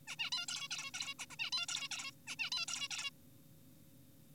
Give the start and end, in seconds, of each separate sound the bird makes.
0.08-0.16, 0.19-0.30, 0.32-0.46, 0.48-0.68, 0.71-0.91, 0.94-1.14, 1.19-1.26, 1.30-1.36, 1.39-1.50, 1.52-1.66, 1.68-1.88, 1.91-2.11, 2.27-2.36, 2.39-2.50, 2.52-2.66, 2.68-2.88, 2.91-3.10